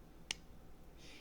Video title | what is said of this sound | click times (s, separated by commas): LightMyFire Swedish FireKnife | the fire steel what you do is you turn this clockwise you'll hear a click hopefully and then | 0.3 s